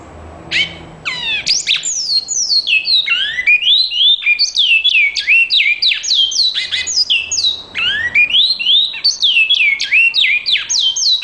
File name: canto do bicudo